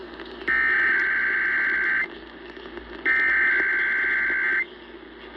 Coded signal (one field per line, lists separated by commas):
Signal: Emergency Alert System (SAME) tones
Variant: header bursts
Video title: KDKA RWT 10/25/20 EAS #979